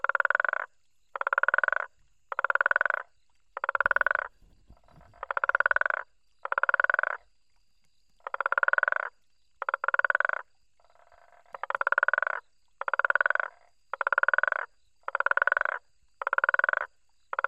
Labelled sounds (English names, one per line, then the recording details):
Guttural Toad call
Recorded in the wild
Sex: male
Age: adult
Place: Hoedspruit, Marepe Lodge, ZA
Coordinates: -24.45, 30.84
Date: 1995-01-16 23:45
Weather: 21°C, nach starkem Regen
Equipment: Sony TCD-D3, Sennheiser ME 80, K 30 AV
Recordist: Gutsche, Alexander